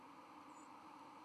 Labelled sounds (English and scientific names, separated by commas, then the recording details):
White-throated Sparrow (Zonotrichia albicollis) flight call
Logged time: 09:30 on 31 October 2014